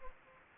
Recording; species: mosquito wingbeat signal from an infrared sensor; Anopheles gambiae